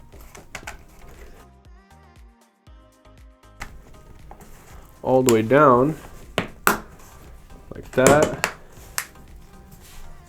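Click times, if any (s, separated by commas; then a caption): 9.0 s. One side of the plastic spine of an Ultimate Ears UE Megaboom portable speaker is pressed back onto the speaker body during a charger port replacement. Someone talks over soft handling taps and knocks, and a single sharp click sounds at 9.0 s. That side of the spine has clicked in and is seated.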